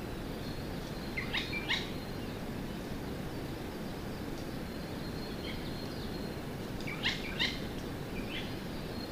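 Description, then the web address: Eurasian jay giving harsh, rasping calls: a pair of short grating bursts early on, then another pair after a long pause, over a steady low rumble. Chichibu, Japan; 12 May 2024. "koe kakesu 240512 chichibu"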